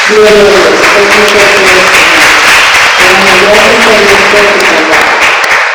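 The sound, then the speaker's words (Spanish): Loud, sustained applause from a crowd, dense clapping filling the whole stretch at a steady level, with voices cheering and calling out underneath. The applause is offered to Jesus Christ at a religious gathering. “Un gran aplauso a nuestro Señor Jesucristo.”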